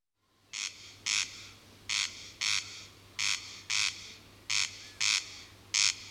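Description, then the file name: Corn crake calling in harsh, grating paired notes, repeated steadily, over a quiet steady low hum. "Digiffects Sound Effects Library - Corn Crake"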